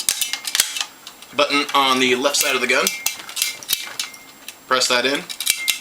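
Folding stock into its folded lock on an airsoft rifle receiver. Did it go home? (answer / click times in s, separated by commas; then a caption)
no / none. Someone talks while handling the folding stock of an Echo 1 (Vector Arms CPM) airsoft AK74u, pressing the release button on the left side of the receiver to swing the stock toward its folded lock. Sharp clicks and rattles are heard through the clip, but nothing has seated or clicked into place yet.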